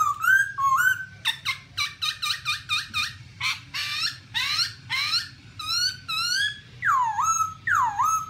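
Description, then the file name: Black-throated laughingthrush: whistled slurs, a rapid run of sharp clipped notes, harsh downslurred squawks, then swooping whistles near the end. "tieng khuou bac ma hot"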